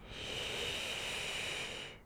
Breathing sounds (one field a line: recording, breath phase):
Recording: one breath near a microphone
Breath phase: inhalation